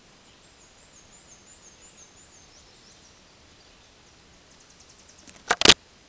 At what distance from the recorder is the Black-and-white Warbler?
about 40 m